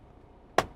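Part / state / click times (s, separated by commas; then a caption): tablet mount onto dash steel plate / seated / 0.6 s. A tablet mount is pushed onto the magnetic steel dash plate in a truck. After a quiet low hum, a single sharp broadband click sounds at 0.6 s and fades quickly. The mount locks in, seated.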